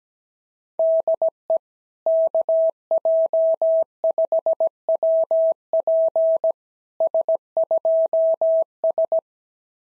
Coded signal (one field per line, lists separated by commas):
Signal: Morse code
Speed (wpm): 17 wpm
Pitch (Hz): 650 Hz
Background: none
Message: DE KJ5WP S2S